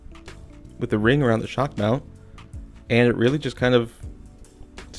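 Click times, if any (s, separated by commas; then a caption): 4.8 s. A plastic pop filter ring is pressed onto a microphone shock mount while someone talks. It snaps into place with a click at 4.8 s, seating without needing an exact position.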